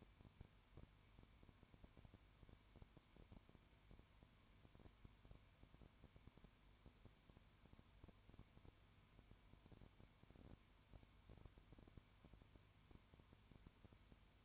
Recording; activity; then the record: daily activity, microphone in the room; no activity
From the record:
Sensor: 2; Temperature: 20.0 degrees Celsius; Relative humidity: 32.1%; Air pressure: 1001.1 hPa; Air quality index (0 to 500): 54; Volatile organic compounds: 1 ppm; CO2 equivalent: 601 ppm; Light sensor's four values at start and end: 2/3/2/2 and 2/3/2/2